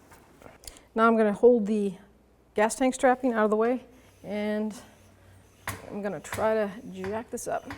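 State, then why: Seated. A cleaned fuel line fitting is lined up and pushed into the fuel line on the fuel pump module of a 1997-2004 Dodge Dakota during a fuel pump replacement, and it clicks in, seated, with a sharp click at 0.7 s. After a few faint taps, someone talks for the rest of the clip, with a louder knock at 5.7 s.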